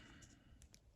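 A retaining part in the head mechanism of a Pro America 5151 3/8-inch drive flexhead ratchet is worked around by hand during reassembly. Low, steady handling noise is heard, with a few faint, brief scraping sounds at about 0.2, 0.6 and 0.7 seconds. Nothing has seated or clicked yet.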